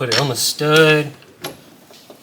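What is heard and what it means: A metal AC refrigerant line fitting is handled at the mounting stud on the firewall during a heater core replacement on a 1997–2001 Jeep XJ. Someone talks, then a short sharp knock comes at about 1.5 s, followed by faint handling noises. The fitting is not yet home, and nothing has seated or clicked yet.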